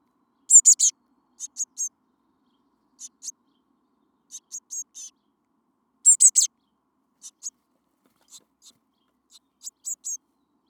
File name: Cyanistes caeruleus